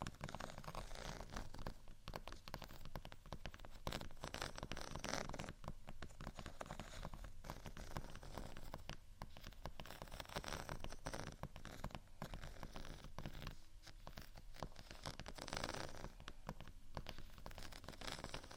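Scratching and tapping on textured items, a dense, continuous crackling rasp with little pause across the whole stretch. Brighter bursts of scraping surge every second or two, and a low steady beat pulse sits underneath, keeping the level loud and even throughout.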